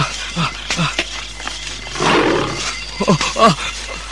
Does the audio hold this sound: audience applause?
no